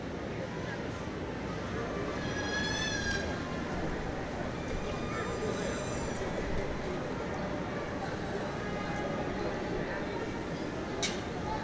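Springtime in a busy city park: a steady wash of crowd chatter and traffic rumble fills the scene without letup. Short, bright bird chirps rise above it around the third and sixth seconds, and a sharp click sounds near the end.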